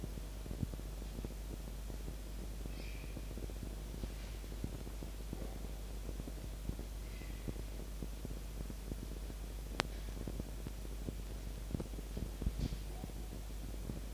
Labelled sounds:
Red Fox (Vulpes vulpes)
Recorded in captivity
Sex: female
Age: adult
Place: Zoologisches Institut der HUB, Berlin, DE
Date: 1952-01-25 19:15
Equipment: Elmetra
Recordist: Tembrock, Günter
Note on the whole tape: Fiffi: geschlossenes Bellen, geringste Intensität (sehr leise!!!); Mucki: Fiepen

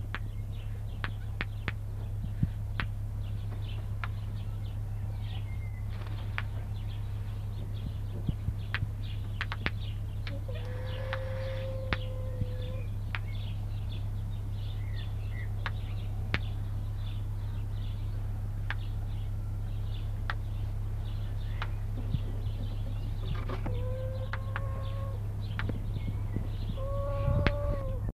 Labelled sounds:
Indian Scops Owl (Otus bakkamoena) call
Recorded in captivity
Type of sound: call
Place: Vogelpark Bad Schwartau, Schleswig-Holstein, DE
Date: 1982-06-18
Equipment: Halbspur, 9,5 cm/s
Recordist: Lütgens, Hans
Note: Rufe

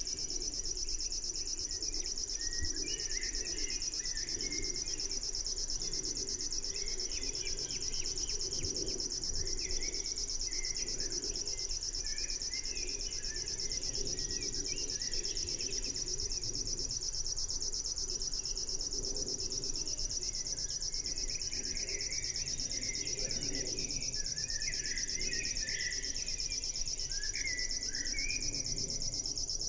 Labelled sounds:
River Warbler (Locustella fluviatilis) song
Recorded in the wild
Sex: male
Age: adult
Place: Schönow, Naturpark Barnim, Brandenburg, DE
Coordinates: 52.68, 13.5086
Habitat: wetland
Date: 2007-06-03 20:47
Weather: overcast, ca. 15°C, no wind
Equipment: Sound Devices 702, Sennheiser MKH 416 T, Windkorb
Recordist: Frommolt, Karl-Heinz

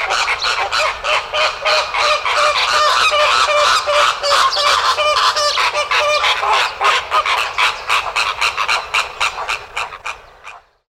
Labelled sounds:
American Flamingo (Phoenicopterus ruber)
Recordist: Tembrock, Günter
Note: Laute im agonistischen Verhalten

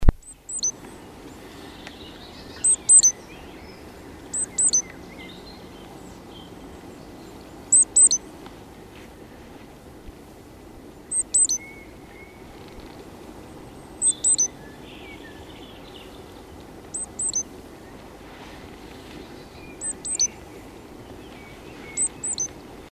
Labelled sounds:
Great Tit (Parus major) call
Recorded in the wild
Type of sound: call
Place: Pfaffenbrunnen, Rheinland-Pfalz, DE
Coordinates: 49.412, 7.756
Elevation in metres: 399
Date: 1976-03-26
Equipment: Nagra IV, Sennheiser MKH 405, Parabolreflektor
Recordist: Tretzel, Erwin
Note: Rufe "ps-ps-plick"

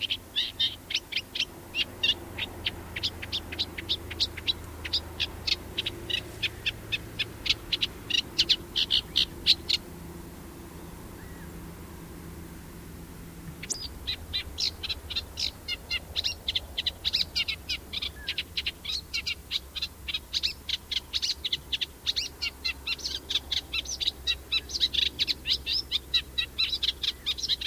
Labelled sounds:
Eurasian Reed Warbler (Acrocephalus scirpaceus) song
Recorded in the wild
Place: Baiersdorf, Bayern, DE
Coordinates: 49.6589, 11.0172
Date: 1967
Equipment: Original, Vollspur
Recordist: Tretzel, Erwin

